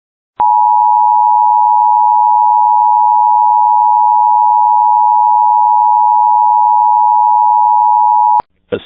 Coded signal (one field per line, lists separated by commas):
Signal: Emergency Alert System (SAME) tones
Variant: 853 and 960 Hz attention tone